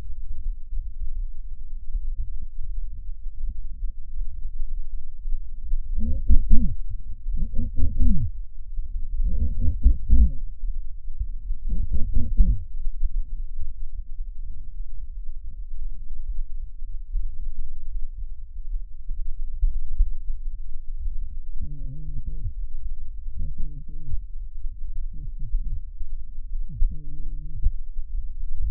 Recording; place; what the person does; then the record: lung sounds by stethoscope; right posterior basal chest; quiet breathing, then cough and speech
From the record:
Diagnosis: interstitial lung disease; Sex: male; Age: 72 years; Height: 167 cm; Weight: 74 kg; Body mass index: 26.5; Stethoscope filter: bell mode